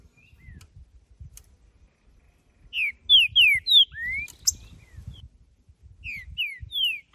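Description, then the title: Green-winged saltator song, a loud phrase of four or five clear slurred whistles, mostly falling, the last one rising, followed by a shorter repeat, over faint low background noise. Singing in nature; calling, singing and male-style singing in a contest; used to warm up a captive saltator. "ESQUENTAR Seu TRINCA Piando, Cantando E Macheando Na DISPUTA. Trinca Ferro Cantando na Natureza"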